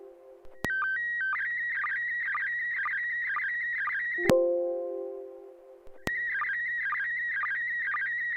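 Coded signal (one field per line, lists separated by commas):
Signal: SSTV (slow-scan television)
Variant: PD 120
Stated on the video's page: SSTV net on a 441.300 MHz FM repeater in Sacramento, CA, using MMSSTV.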